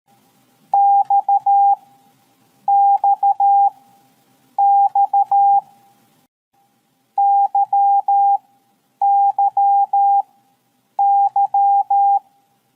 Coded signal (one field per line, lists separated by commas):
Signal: Morse code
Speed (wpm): 13 wpm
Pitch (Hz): 800 Hz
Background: none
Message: XXX YYY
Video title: 1. LEARN MORSE CODE with FUN (2025 Update)!